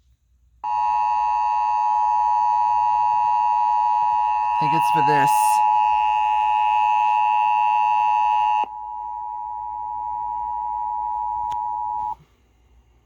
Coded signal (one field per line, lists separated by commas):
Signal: Emergency Alert System (SAME) tones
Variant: 853 and 960 Hz attention tone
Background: speech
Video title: EAS #92-93: PDS Tornado Warning NWS Wilmington OH || 6/18/21